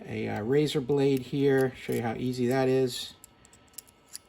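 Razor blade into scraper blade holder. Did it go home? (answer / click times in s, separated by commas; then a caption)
yes / 3.8 s, 4.1 s. A metal razor blade is slid into the slot of a scraper tool's blade holder before the clamp is tightened. Someone talks for the first three seconds, then faint scrapes follow and two sharp clicks at 3.8 s and 4.2 s as the blade locks into place in the holder.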